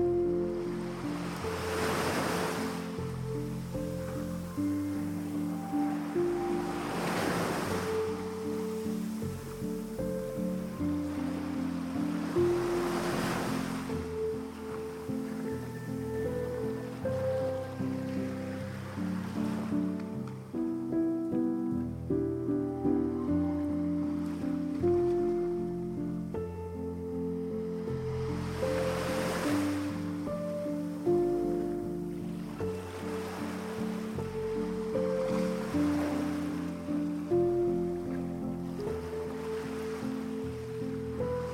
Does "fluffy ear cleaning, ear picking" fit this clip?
no